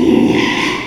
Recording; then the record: squeal of a Yucatan mini pig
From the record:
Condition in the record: after surgery on the right vocal fold (resection and tissue-engineered implant); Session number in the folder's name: 1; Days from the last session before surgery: 6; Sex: male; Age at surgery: 12 weeks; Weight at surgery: 13 kg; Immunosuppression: cyclosporine, prednisolone